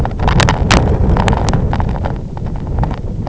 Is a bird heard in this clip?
no